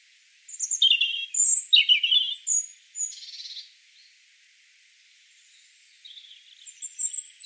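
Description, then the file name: European robin giving a burst of bright, varied warbled notes and a short buzzy trill, then a pause before faint high phrases return. "Erithacus rubecula 240702"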